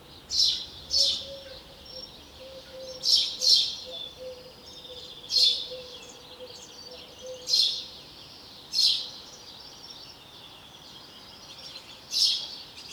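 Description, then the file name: House sparrow chirping, single and paired notes at irregular intervals, with a faint steady low tone in the background. "Passer domesticus"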